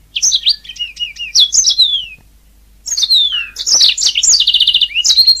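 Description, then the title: Oriental magpie-robin singing a rich medley of whistles, descending slurs and a fast trill, with a brief quiet gap midway through. "Kicau Kacer"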